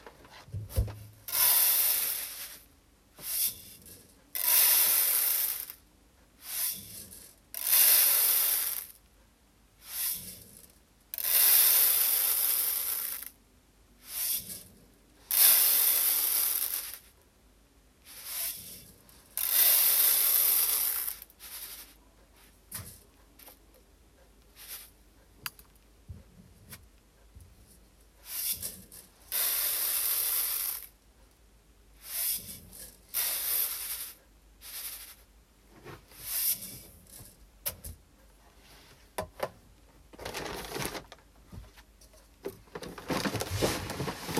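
Brown rice, already hulled, is checked by hand for leftover husks and weed seeds. Bursts of bright rushing, rubbing hiss come and go every second or two, grains sliding and being raked, with short quiet gaps between them and occasional soft knocks.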